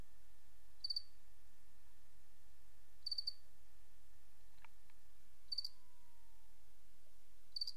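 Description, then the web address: Cricket chirping in short pulsed bursts about every two seconds, with a faint steady tone and a soft falling whine in the background. "Sabda Alam Crickets"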